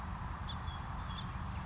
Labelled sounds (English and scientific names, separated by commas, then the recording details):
House Finch (Haemorhous mexicanus)
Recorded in Sonoma County, California